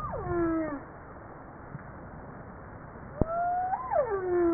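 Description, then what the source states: Humpback whale song: a moaning downsweep rich in harmonics, a quiet gap, then a rising-then-falling tonal unit sliding into another descending moan, over low background noise. Recorded 2 March 1994.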